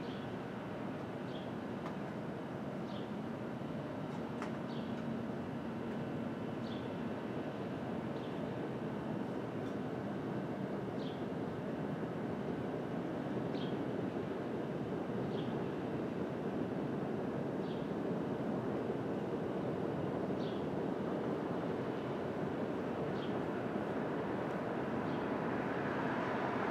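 Street traffic at dawn in Brooklyn, heard in the open air as a steady, dense rumble that grows slightly louder toward the end. Short, high chirps, likely birds, recur every two or three seconds above the traffic wash throughout.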